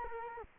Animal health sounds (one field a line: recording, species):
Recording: mosquito wingbeat signal from an infrared sensor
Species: Culex quinquefasciatus